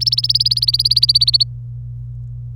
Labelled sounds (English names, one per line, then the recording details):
Domestic Canary song
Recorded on 26 April 2018 at 12:10
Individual llb3